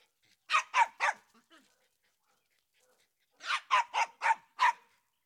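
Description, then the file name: Dog giving high, sharp barks in two bursts, three rapid yaps, a quiet gap of about two seconds, then five more evenly spaced barks. Small dog barking outdoors. "Digiffects Sound Effects Library - Small Dog Barking Outdoors"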